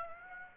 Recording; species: mosquito wingbeat signal from an infrared sensor; Aedes aegypti